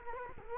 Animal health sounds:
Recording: mosquito wingbeat signal from an infrared sensor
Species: Culex quinquefasciatus

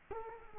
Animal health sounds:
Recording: mosquito wingbeat signal from an infrared sensor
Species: Culex quinquefasciatus

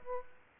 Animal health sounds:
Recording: mosquito wingbeat signal from an infrared sensor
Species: Aedes aegypti

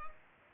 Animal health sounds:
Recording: mosquito wingbeat signal from an infrared sensor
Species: Culex pipiens

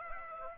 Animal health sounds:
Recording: mosquito wingbeat signal from an infrared sensor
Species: Aedes aegypti

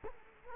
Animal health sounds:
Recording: mosquito wingbeat signal from an infrared sensor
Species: Culex quinquefasciatus

